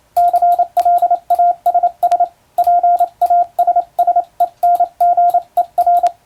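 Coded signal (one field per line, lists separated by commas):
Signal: Morse code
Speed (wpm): 28 wpm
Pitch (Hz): 700 Hz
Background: radio noise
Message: CLASS PASSENGER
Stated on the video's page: Morse sending practice on a telegraph key, using a European-language telegram sending practice book.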